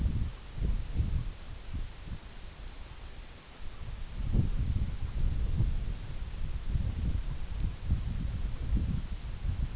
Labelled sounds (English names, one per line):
none